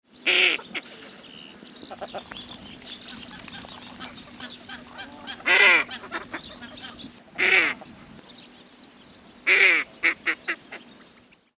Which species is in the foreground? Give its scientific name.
Anas clypeata